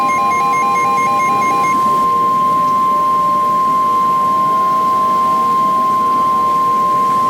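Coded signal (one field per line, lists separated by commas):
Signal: Emergency Alert System (SAME) tones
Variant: 1050 Hz attention tone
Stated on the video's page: Recreation of a fictional EAS scenario.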